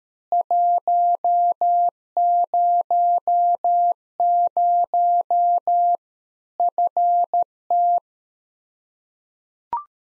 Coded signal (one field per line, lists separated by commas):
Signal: Morse code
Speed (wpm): 13 wpm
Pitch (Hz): 700 Hz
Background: none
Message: 100 FT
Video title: Practice QSO - Exchange 2- Info - 13wpm